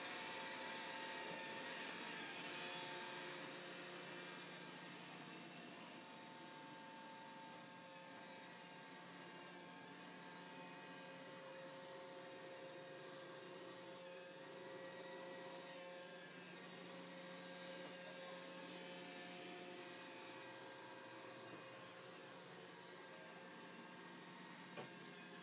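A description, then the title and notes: A Roomba robot vacuum runs steadily throughout, a dense whirring hiss with a constant hum and several fixed tones underneath. The level stays even, easing slightly after the first few seconds, with a brief click near the very end. The Roaming Roomba.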